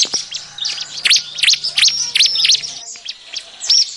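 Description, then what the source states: Bar-winged prinia calling with loud swooping high chirps roughly three per second, over a faint low hum that stops partway. Noisy, rowdy calling used as an effective lure call for catching birds.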